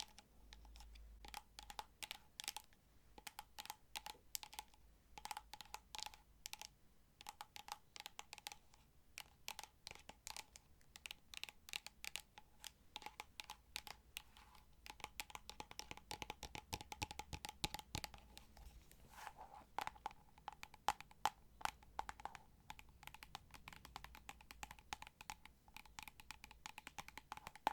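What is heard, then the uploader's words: Rapid, irregular tapping like keyboard typing runs throughout, dense sharp clicks over a steady faint hum with a low rumble underneath. ASMR Tapping To Help You Sleep (No Talking).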